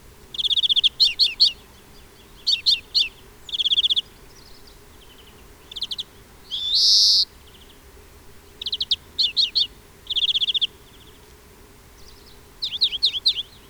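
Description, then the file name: European greenfinch calling with bursts of rapid high twitters and one drawn-out buzzy wheeze in the middle, then more chirping groups. "Chloris chloris"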